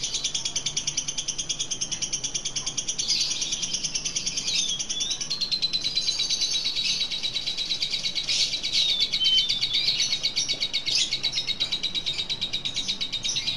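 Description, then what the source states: Lovebird chattering without pause, a dense high trill of clipped squeaky notes, with a few brief thin whistles mixed in. Lutino lovebird giving the ngekek chattering call, recorded for use in training birds.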